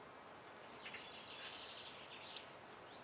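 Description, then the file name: Eurasian blue tit: a high piercing note runs straight into a few rapid, undulating lower notes, then a second high note and a shorter run follow in one brisk phrase. "Cyanistes caeruleus"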